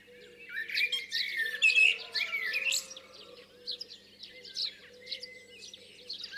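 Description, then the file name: Common blackbird singing mellow warbled phrases that break into squeaky twitters, over a faint constant hum. "Turdus merula"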